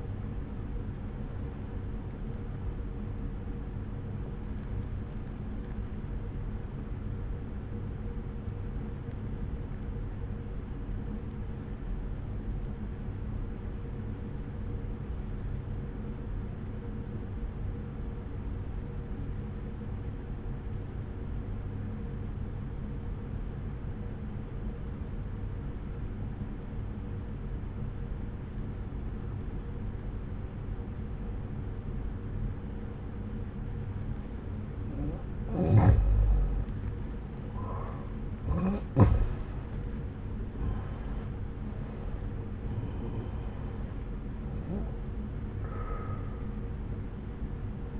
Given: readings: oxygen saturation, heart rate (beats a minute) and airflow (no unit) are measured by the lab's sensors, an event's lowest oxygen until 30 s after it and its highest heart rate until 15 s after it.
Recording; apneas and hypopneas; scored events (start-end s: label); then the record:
breathing in sleep by a smartphone at the bedside; 1
10.00-37.20 s: obstructive apnea (N2, oxygen 96% highest, then 85% lowest, heart rate 61 at the start, 70 highest)
From the record:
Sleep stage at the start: N2 (light sleep); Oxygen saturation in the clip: 86 to 96%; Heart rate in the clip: 60 to 70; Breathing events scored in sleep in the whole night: 303 in 8.1 hours asleep